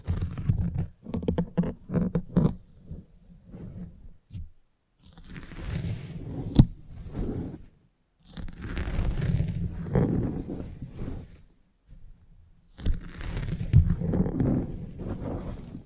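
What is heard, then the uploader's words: Salon haircut sounds: irregular rustling and snipping bursts early, then longer dense buzzing stretches like clippers, broken by brief silent gaps. Salon Haircut Head Massage, Scissors and Clipper.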